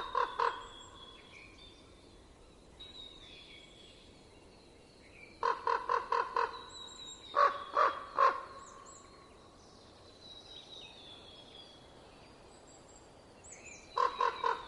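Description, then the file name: Common raven giving rapid bursts of several deep, knocking croaks, repeated several times, while small birds whistle thinly in the background. Recorded in winter in Estonia. "ronk"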